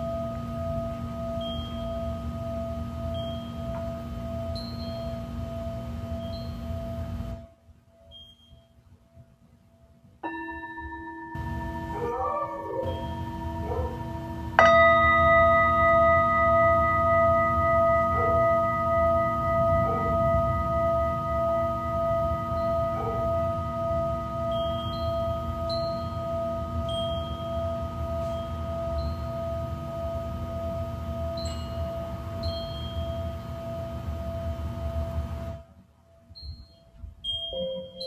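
Singing bowls ring in long, steady tones over a low, rumbling hum, with brief silent gaps around 8 and 36 seconds. A fresh, louder strike near 15 seconds adds bright overtones that slowly fade, while faint small chirps flicker high above.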